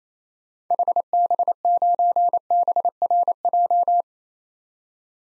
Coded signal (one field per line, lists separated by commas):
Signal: Morse code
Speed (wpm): 27 wpm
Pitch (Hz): 700 Hz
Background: none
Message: HB9BRJ